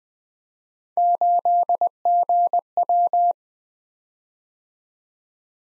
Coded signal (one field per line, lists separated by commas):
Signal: Morse code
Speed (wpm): 20 wpm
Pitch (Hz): 700 Hz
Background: none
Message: 8GW